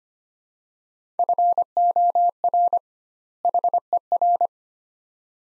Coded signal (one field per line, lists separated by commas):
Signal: Morse code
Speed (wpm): 25 wpm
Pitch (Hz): 700 Hz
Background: none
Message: FOR HER